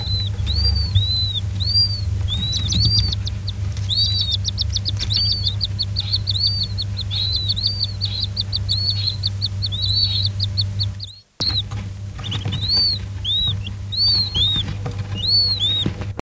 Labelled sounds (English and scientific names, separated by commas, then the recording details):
King Quail (Excalfactoria chinensis) call
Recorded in captivity
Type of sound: call
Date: 1974-03-12
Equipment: Halbspur, 9,5 cm/s
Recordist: Lütgens, Hans
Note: Aufnahme bei Tierpfleger "Rint"(?), zunächst heute geschlüpfte Junge, die gereihten Laute bei Belästigung